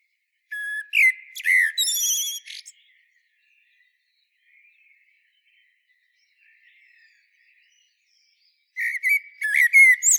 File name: Turdus merula